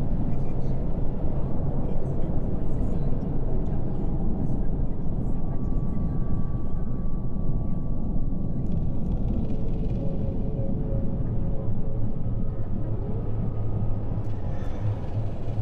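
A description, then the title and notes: Futuristic city ambience: a dense, steady low rumble of traffic and machinery fills the whole clip at constant loudness. A thin sustained tone hums through the middle, faint voices flicker in, and brighter whooshes pass around ten and fourteen seconds. Futuristic city ambience.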